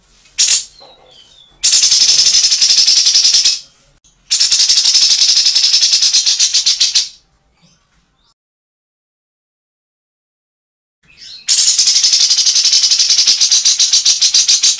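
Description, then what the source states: Grey-cheeked bulbul chattering in three long harsh rattles, each a few seconds of rapid buzzy pulses, separated by pauses and a long silent gap. Master recording made for training songbirds.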